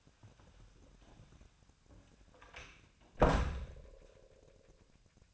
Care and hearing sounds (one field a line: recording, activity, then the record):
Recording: daily activity, microphone in the room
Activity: close door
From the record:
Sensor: 2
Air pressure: 1007.1 hPa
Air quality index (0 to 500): 190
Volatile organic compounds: 12 ppm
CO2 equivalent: 2334 ppm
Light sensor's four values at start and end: 10/24/10/10 and 10/23/9/10